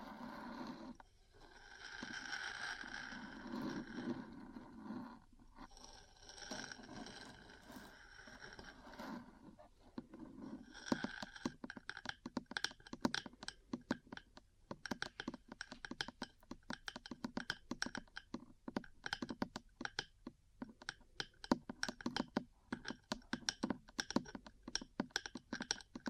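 Metal parts are scratched and scraped in the first ten seconds, a rough, hissing rub with low grinding underneath and brief pauses. After that, quick tapping takes over: dense, uneven clicks and clinks, like keys being typed, continuing to the end.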